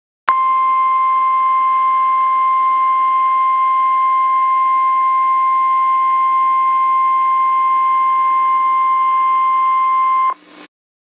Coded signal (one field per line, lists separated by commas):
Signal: Emergency Alert System (SAME) tones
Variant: 1050 Hz attention tone